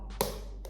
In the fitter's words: and you hear the snap